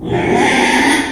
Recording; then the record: squeal of a Yucatan mini pig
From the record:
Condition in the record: after surgery on the right vocal fold (resection and tissue-engineered implant); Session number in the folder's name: 3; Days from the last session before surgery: 33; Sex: male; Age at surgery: 12 weeks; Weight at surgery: 13 kg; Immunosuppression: cyclosporine, prednisolone